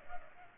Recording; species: mosquito wingbeat signal from an infrared sensor; Culex pipiens